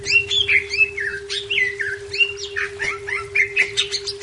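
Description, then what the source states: Leafbird with a dense, chattering song of short slurred whistles and chirps, over a low rumble and a steady hum. Labelled Cucak Ijo 'Daun Kecil'.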